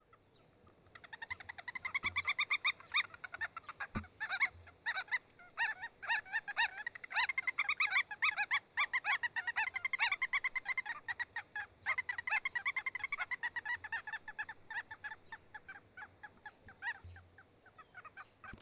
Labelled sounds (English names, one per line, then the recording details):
Wattled Lapwing
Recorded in northern Uganda